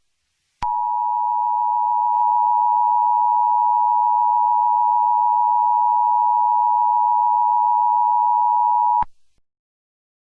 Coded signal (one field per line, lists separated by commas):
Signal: Emergency Alert System (SAME) tones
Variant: 853 and 960 Hz attention tone